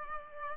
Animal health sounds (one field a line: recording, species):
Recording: mosquito wingbeat signal from an infrared sensor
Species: Culex pipiens